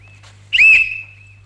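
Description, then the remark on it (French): A single shrill whistle blast, blown as a signal for one contestant to stop and the next to begin, bursts out loudly for about half a second, with a rattling trill at its start, then trails into a thin, faint, steady tone over a low hum. “À mon coup de sifflet, il doit s'arrêter et le second commencer, et ainsi de suite.”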